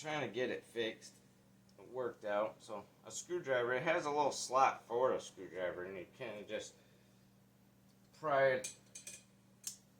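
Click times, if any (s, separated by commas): 9.7 s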